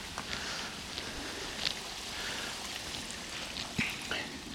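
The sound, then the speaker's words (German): A steady, soft wash of trickling water runs across a muddy forest path, a continuous hiss with a few faint droplet-like ticks and splashes scattered through it. “Hier läuft ein Wasser über den Weg.”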